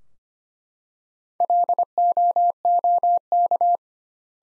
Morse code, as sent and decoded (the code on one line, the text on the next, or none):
.-.. --- --- -.-
LOOK